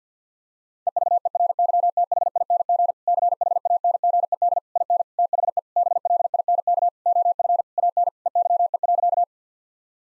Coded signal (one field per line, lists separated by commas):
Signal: Morse code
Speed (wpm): 50 wpm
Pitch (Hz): 700 Hz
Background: none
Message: EVERYTHING CHANGED IN THE BLINK OF AN EYE.